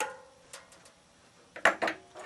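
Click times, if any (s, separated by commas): 1.7 s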